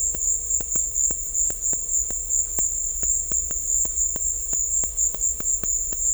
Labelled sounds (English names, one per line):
none